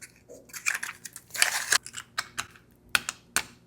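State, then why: Seated. A plastic needle cartridge is pushed into the tip of a switched-off Dr Pen M9 microneedling pen, with soft handling and rustling sounds first. Two sharp clicks follow at 3.0 s and 3.4 s as the cartridge seats and locks securely in place.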